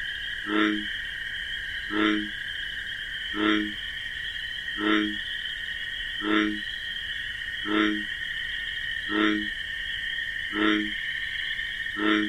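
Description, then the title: Bullfrog, a string of nine low booming croaks at a steady rhythm, accompanied throughout by a persistent cricket chorus. Wetland at night among marsh grasses, bullfrog's deep 'jug-o-rum' call amid a continuous chorus of chirping crickets. "Bullfrog Sound. The Wondrous Wetlands"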